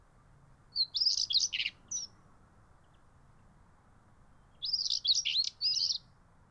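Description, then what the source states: European stonechat song: two short scratchy, twittering phrases of high squeaky notes, separated by a few seconds of quiet, with faint low background hiss. Male singing at Kennemerduinen, Noord-Holland, Netherlands.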